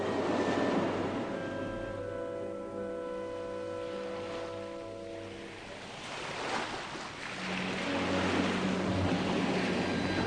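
Heavy sea waves roll in with a broad, continuous rushing roar that swells and recedes, while a steady low tonal drone hums underneath during the first half. The waves roll evenly one after another onto the shore, barely lifting a lone boat moored there.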